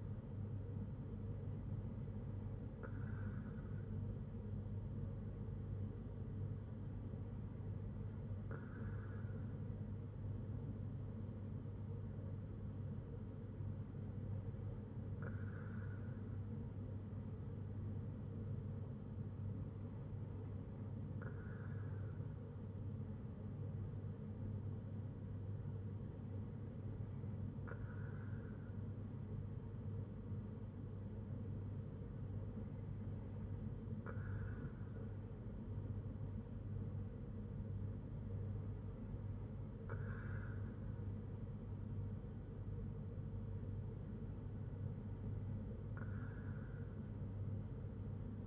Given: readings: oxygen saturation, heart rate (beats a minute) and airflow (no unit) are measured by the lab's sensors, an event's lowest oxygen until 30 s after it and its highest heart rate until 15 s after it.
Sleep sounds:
breathing in sleep by a smartphone at the bedside; none
none scored
From the record:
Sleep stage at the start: N2 (light sleep); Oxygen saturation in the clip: 94 to 95%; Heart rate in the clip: 59 to 66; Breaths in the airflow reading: 8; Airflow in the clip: -4.3 to 4.2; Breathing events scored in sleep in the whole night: 182 in 7.4 hours asleep

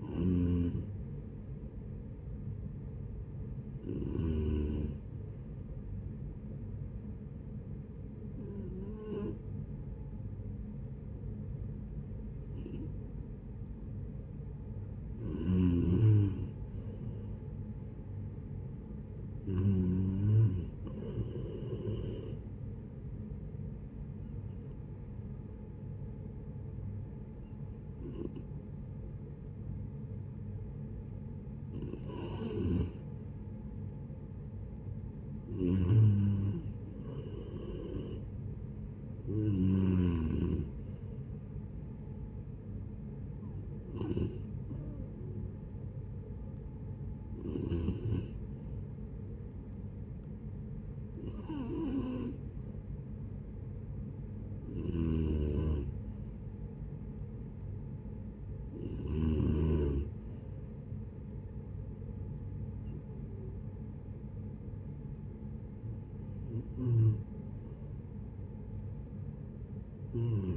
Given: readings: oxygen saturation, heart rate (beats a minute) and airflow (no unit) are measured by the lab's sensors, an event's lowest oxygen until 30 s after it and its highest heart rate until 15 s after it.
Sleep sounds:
breathing in sleep by a smartphone at the bedside; 2
7.00-17.40 s: hypopnea (N2, oxygen 94% highest, then 89% lowest, heart rate 70 at the start, 73 highest)
23.00-34.80 s: hypopnea (N2, oxygen 93% highest, then 89% lowest, heart rate 60 at the start, 74 highest)
From the record:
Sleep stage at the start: N2 (light sleep); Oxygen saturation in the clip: 89 to 94%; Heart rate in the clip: 60 to 75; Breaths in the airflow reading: 17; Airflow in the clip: -11.5 to 10.9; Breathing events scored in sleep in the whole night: 496 in 5.4 hours asleep

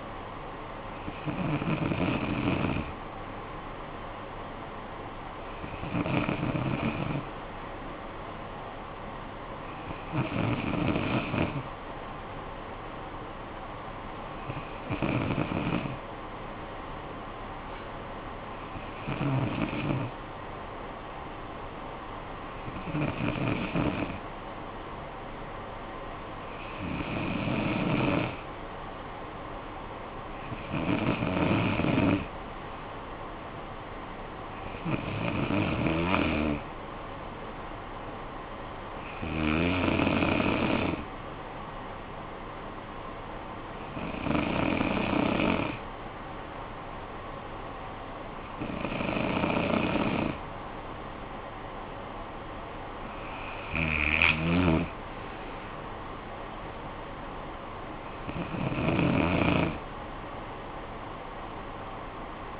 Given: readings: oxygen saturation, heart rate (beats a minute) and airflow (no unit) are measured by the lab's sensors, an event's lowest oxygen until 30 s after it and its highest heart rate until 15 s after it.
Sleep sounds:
breathing in sleep by a voice recorder at the bedside; none
none scored
From the record:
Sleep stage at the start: N2 (light sleep); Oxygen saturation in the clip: 93 to 94%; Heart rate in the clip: 50 to 70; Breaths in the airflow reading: 14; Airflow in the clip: -11.9 to 7.3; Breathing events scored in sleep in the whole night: 445 in 7.6 hours asleep

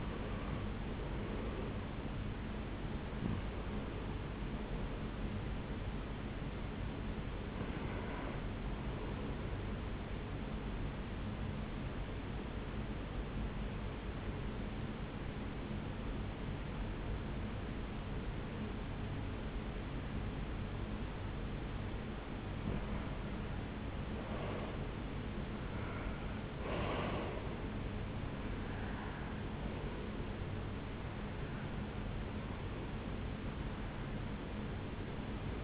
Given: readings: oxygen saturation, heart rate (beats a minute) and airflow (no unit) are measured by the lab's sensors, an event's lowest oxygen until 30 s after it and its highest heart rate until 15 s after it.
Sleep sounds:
breathing in sleep by a voice recorder at the bedside; 1
0.00-8.00 s: awake
7.00-35.64 s: new sleep stage, N1 (lightest sleep)
10.00-22.50 s: hypopnea (N1, oxygen 98% highest, then 93% lowest, heart rate 69 at the start, 77 highest)
From the record:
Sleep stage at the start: awake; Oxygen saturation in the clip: 89 to 98%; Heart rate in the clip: 64 to 81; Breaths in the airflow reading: 8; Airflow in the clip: -9.0 to 10.2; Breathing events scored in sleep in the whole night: 449 in 7.0 hours asleep

